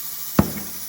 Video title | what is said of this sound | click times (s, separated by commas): Tire Changer LL | going to hear a pop. | 0.4 s